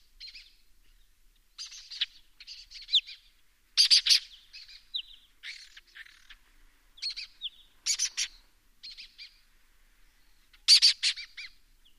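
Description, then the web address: Lesser kestrel harsh scratchy calls mixed with softer chattering and short thin notes, loud rasps coming in irregular bursts. "Lesser kestrel. صدای-پرنده-دلیجه-کوچک"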